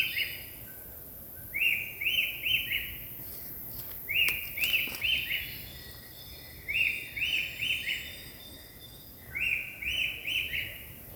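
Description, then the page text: Rufous-tailed attila calls: short bursts of three or four bright, clipped notes near the same pitch, repeated about every two and a half seconds over steady background hiss. "Attila phoenicurus"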